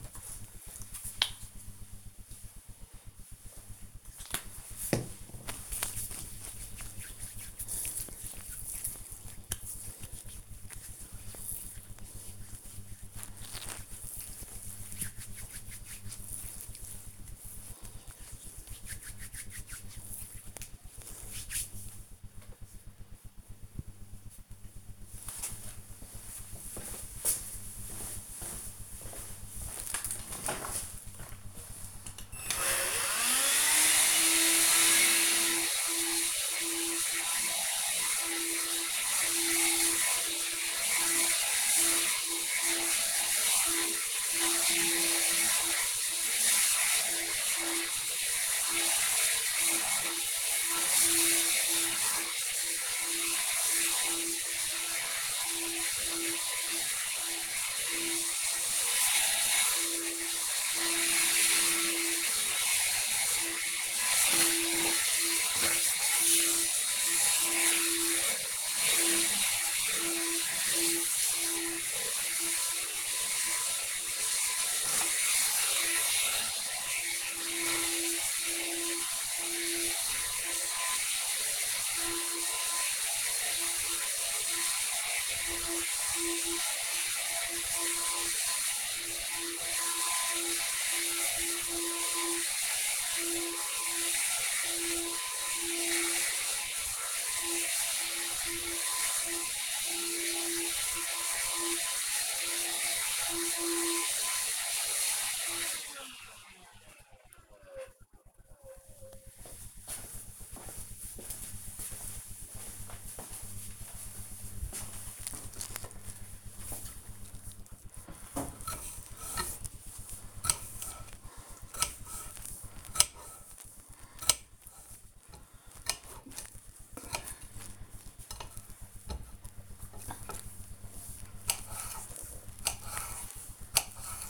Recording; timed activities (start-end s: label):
household activities, microphone on the right wrist
0.00-21.46 s: cream hands
32.53-106.09 s: vacuum cleaning
115.15-134.30 s: cutting vegetables